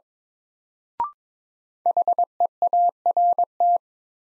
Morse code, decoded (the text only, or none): HEART